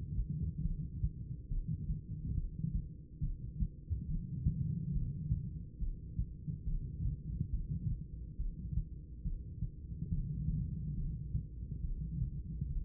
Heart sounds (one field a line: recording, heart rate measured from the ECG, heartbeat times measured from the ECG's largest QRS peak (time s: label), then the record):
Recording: heart sounds by stethoscope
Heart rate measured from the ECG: 70 bpm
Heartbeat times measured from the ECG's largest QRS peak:
0.61 s: heartbeat
1.47 s: heartbeat
2.33 s: heartbeat
3.19 s: heartbeat
4.06 s: heartbeat
4.92 s: heartbeat
5.78 s: heartbeat
6.64 s: heartbeat
7.50 s: heartbeat
8.36 s: heartbeat
9.22 s: heartbeat
10.08 s: heartbeat
10.94 s: heartbeat
11.80 s: heartbeat
12.66 s: heartbeat
From the record:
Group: heart failure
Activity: rest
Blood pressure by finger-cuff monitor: 148/69 mmHg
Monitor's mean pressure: 101 mmHg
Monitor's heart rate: 70 bpm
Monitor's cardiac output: 10.4 L/min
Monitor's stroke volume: 149 mL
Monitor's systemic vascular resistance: 730 dyn s/cm5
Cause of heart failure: idiopathic cardiomyopathy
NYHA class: 2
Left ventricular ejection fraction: 51%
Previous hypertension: present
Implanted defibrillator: present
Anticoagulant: apixaban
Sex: female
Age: 61 years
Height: 163 cm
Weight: 111 kg